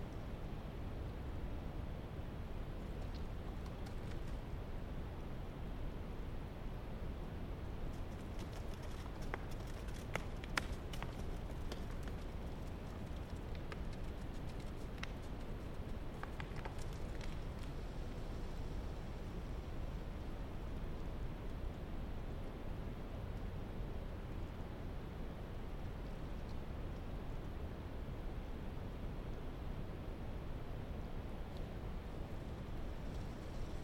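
Steady, dense low wind roars across a rocky mountainside, with scattered sharp knocks and clatters clustering between roughly nine and seventeen seconds.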